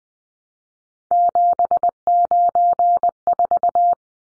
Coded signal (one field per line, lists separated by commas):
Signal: Morse code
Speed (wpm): 20 wpm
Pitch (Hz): 700 Hz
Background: none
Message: 794